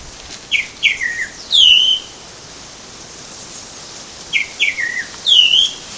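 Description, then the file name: Tropical mockingbird song in two phrases: clipped chirps stepping downward, then a loud swooping whistle, with a quiet pause of about two seconds between them. Recorded at Baby Beach, Aruba, on 21 November 2013. "Mimus-gilvus-Baby Beach-Aruba-21-11-13-ASilveira"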